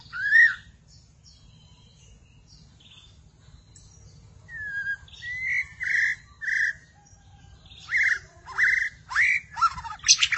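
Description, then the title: Magpie-robins and shamas song: a single whistle, a quiet gap, then mixed whistled and buzzy phrases that grow louder and faster toward the end. "Suara Burung Murai"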